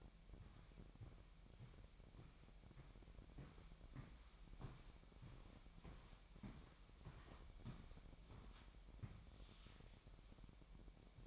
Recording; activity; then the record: daily activity, microphone in the room; walk to room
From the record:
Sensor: 1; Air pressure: 1012.3 hPa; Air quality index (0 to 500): 199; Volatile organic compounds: 4 ppm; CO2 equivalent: 1598 ppm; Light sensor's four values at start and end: 79/189/80/85 and 75/178/76/80